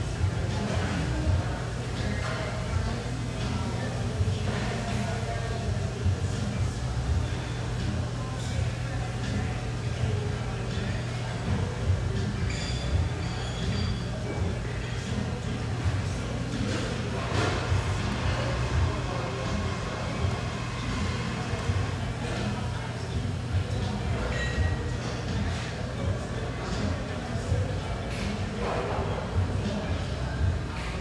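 A busy café with a steady, dense wash of chatter and a low, constant hum underneath. Voices overlap throughout with no pauses, and brief clinks of cups or cutlery break through now and then, notably around 13, 17 and 28 seconds.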